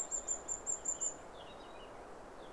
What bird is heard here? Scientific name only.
Sylvia atricapilla